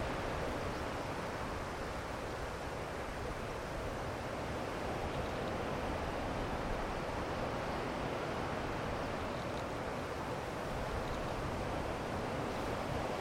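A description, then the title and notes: Wind moves through pine trees in a steady, dense rush that barely rises or falls across the thirteen seconds. The sound is full and mostly in the middle and low range, with no distinct gusts or separate events standing out. Vento nos Pinheiros Mansos. Wind sounds on trees in Serra de Montejunto, a classified area in central Portugal. Recorded by Luís Antero.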